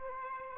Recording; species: mosquito wingbeat signal from an infrared sensor; Aedes aegypti